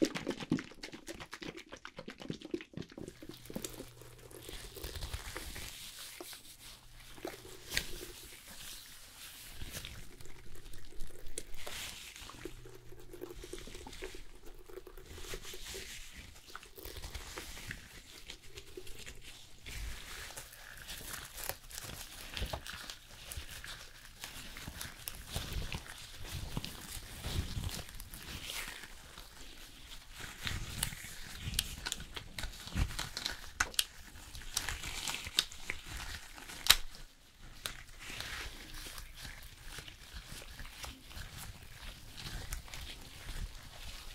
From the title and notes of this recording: ASMR Hair Salon Haircut, Perm, Shampoo WLayered Sounds (No Talking).